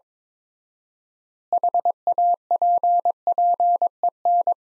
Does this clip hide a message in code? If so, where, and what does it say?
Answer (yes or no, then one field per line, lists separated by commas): yes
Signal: Morse code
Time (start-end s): 1.5-4.5 s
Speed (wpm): 22 wpm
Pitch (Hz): 700 Hz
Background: none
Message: HAPPEN